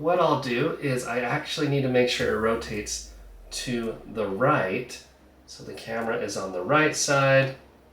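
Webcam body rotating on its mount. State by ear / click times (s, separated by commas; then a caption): not seated / none. Someone talks while an Insta360 Link 2/2C webcam body is handled and turned to the right on its magnetic mount base toward a vertical, portrait position, so that it can film in full resolution in vertical mode. Nothing has locked or clicked into place yet.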